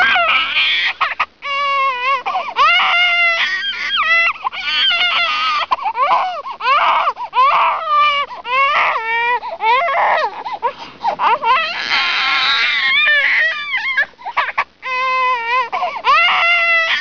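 Repeated high-pitched, strongly voiced wails from an infant, each a second or so long, separated by brief gasping pauses for breath, some ending in rising or falling squeals. This is an ordinary sustained baby cry.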